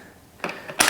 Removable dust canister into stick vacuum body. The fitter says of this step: just clicks back in place so it's really easy we'll show you emptying this at the end and